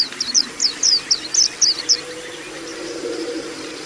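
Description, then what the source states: White-eye song: a quick burst of high, looping chirps for two seconds, followed by background noise with a faint low hum. Audio therapy for caged white-eyes, known locally as pleci.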